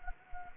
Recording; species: mosquito wingbeat signal from an infrared sensor; Anopheles gambiae